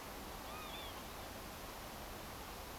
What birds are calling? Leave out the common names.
Vanellus vanellus